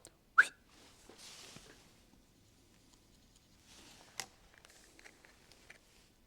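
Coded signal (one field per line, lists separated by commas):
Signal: whistle signal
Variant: crane dogman whistle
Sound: one short sharp whistle blast, then quiet room with a few clicks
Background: room noise, handling clicks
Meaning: One short burst means stop the crane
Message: 1 short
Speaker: To stop a crane, one short burst.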